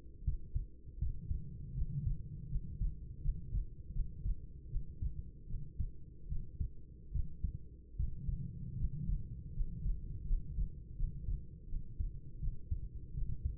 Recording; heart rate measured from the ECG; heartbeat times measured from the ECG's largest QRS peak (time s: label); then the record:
heart sounds by stethoscope; 79 bpm
0.23 s: heartbeat
0.98 s: heartbeat
1.73 s: heartbeat
2.47 s: heartbeat
3.20 s: heartbeat
3.91 s: heartbeat
4.68 s: heartbeat
5.46 s: heartbeat
6.27 s: heartbeat
7.11 s: heartbeat
7.95 s: heartbeat
8.75 s: heartbeat
9.52 s: heartbeat
10.25 s: heartbeat
10.94 s: heartbeat
11.66 s: heartbeat
12.38 s: heartbeat
13.13 s: heartbeat
From the record:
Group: healthy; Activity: rest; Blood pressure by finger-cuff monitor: 103/61 mmHg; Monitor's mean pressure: 76 mmHg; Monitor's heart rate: 80 bpm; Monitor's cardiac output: 6.6 L/min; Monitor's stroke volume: 82 mL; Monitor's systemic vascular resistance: 840 dyn s/cm5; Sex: female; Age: 26 years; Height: 165 cm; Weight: 55 kg